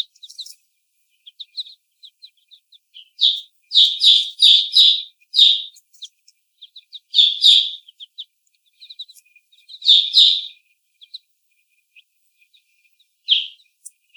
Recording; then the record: young laying hens in a cage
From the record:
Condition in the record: before the stressor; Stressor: sudden umbrella opening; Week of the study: 1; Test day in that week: 1